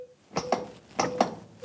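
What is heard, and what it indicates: Short, sharp ticks in a steady tick-tock pattern, with a faint steady hum beneath, heard over a telephone line. It is a CPR metronome beep played by the emergency dispatcher during phone-guided resuscitation. It marks the rate at which to push during chest compressions, which should be about 5 cm deep.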